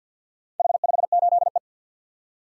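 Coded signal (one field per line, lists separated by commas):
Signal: Morse code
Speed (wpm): 53 wpm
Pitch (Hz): 700 Hz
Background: none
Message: H58E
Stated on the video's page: Morse practice drill of random four-character letter-number groups at 50 wpm, each sent, then spoken, then sent again for head-copy.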